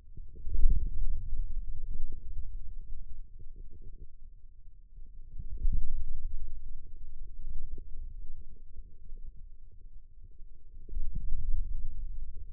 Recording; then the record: forearm muscle sounds (acoustic myography)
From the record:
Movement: inward rotation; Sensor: system 2, bracelet of six BSWA MPA416 microphones around the upper forearm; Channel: 2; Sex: male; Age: 22 years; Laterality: right